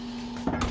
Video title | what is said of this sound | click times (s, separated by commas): Electrical Appliances In USA House - Yaha Ghar Ke Sath Ye Sab Free Milta Hai ll#america #usa | उसके बाद आपको इसको ऐसे lock करना है ये लॉक हो जाएगा यहां | 0.6 s